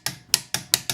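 A click-type torque wrench is used to double-check the wheel lug nuts on an NA Miata, producing five sharp, bright metallic clicks in about one second. The wrench clicks at its torque setting at 0.3 s and 0.7 s, confirming the lug nuts are properly torqued.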